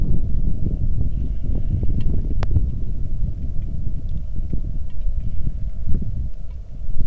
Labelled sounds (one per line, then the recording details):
wind
rain
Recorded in the Arctic National Wildlife Refuge, Alaska, on 3 August 2019 at 09:12
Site 46